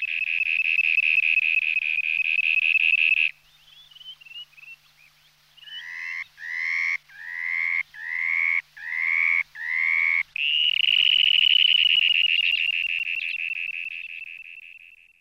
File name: piovanello pancianera